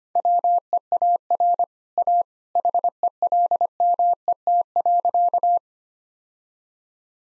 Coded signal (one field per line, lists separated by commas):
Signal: Morse code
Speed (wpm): 25 wpm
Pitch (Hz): 700 Hz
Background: none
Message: WEAR A HELMET.